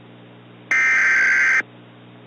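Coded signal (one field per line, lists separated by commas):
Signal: Emergency Alert System (SAME) tones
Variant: header bursts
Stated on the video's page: Unfinished fictional EAS scenario, a simulated alert.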